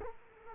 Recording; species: mosquito wingbeat signal from an infrared sensor; Culex quinquefasciatus